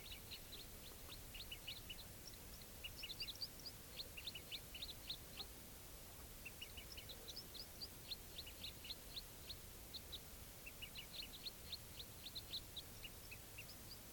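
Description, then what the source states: Crossbills giving sharp high chip notes in quick bursts, many birds calling together, pausing briefly between bouts over a soft hiss. Wild flock flying over from one grove to another without stopping; recordist judged quite a few crossbills present.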